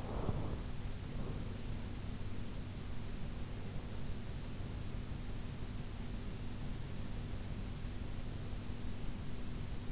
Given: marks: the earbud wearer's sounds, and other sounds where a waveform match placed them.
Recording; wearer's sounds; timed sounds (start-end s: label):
sounds in sleep by an in-ear microphone; breath
0.00-1.47 s: breath